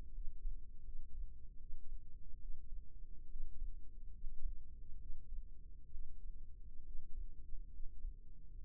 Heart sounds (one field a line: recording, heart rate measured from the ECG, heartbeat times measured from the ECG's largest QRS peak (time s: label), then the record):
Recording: heart sounds by microphone in the left ear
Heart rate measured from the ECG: 71 bpm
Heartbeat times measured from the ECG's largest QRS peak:
0.15 s: heartbeat
0.86 s: heartbeat
1.60 s: heartbeat
2.41 s: heartbeat
3.31 s: heartbeat
4.14 s: heartbeat
5.00 s: heartbeat
5.91 s: heartbeat
6.86 s: heartbeat
7.73 s: heartbeat
8.56 s: heartbeat
From the record:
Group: healthy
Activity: rest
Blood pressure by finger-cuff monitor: 112/69 mmHg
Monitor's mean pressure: 81 mmHg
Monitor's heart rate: 72 bpm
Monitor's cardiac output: 6.9 L/min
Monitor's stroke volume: 92 mL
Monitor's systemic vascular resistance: 900 dyn s/cm5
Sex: male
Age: 22 years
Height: 181 cm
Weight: 79 kg